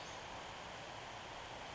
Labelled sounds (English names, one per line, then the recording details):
Western Flycatcher
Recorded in Sonoma County, California